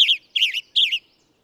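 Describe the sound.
Bird calling three loud chirps in quick succession, then quiet.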